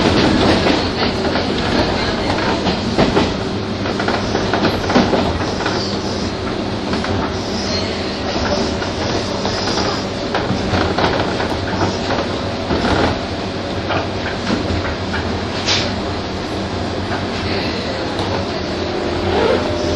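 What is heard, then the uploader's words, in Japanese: A ride on a train between Tokyo and Takao, heard from inside the carriage. A dense, steady roar of wheels and motor fills the clip, with faint rhythmic clatter and occasional sharper knocks near five and sixteen seconds. The loudness stays even throughout. 一昔前まで中央線東京口の主役だった201系、優等運用となる中央特快を収録したものです。201系 中央特快 01/01: 東京～高尾。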